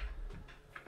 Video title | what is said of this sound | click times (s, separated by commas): FLUVAL FX2 FILTER MAINTENANCE ***Please read the description and pinned comment below.*** | again they just kind of Click into place | 0.8 s